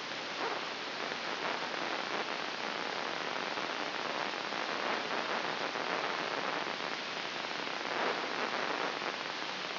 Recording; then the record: brain microelectrode recording played as sound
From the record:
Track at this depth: inside the subthalamic nucleus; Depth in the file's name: 6.907 mm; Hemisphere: left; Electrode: 3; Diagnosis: Parkinson's disease